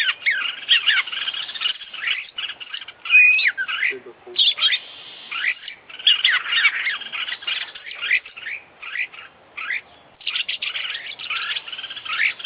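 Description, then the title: Oriental magpie-robin song, a dense run of varied whistled and scratchy phrases with quick rising and falling notes, broken by short pauses, continuing throughout. International champion competition songbird; song full of complete fillers (isian), meaning imitated notes woven into the song. "KICAU KACER FULL ISIAN KOMPLIT"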